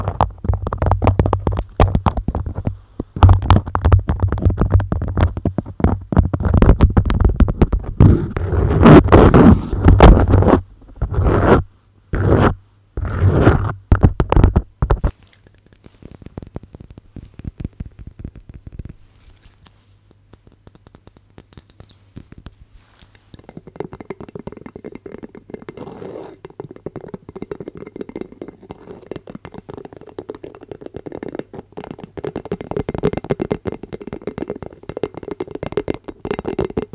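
Crinkly beeswax wrap handling with tapping, scratching and sticky sounds. For the first fifteen seconds the crackles and taps come loud and dense, stopping abruptly in short gaps. The rest is quieter, with softer scratching over a steady low hum.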